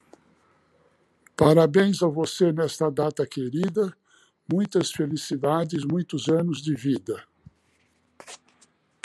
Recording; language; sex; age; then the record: short text; Brazilian Portuguese; male; 70 to 79 years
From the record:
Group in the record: control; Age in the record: 75 years